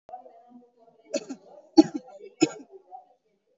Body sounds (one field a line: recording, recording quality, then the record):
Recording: heavy voluntary cough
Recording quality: excellent, no background noise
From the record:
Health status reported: exposed to COVID-19, no respiratory illness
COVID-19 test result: negative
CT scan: not taken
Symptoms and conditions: cold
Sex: female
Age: 39 years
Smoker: no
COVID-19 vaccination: both doses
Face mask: worn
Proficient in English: yes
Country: India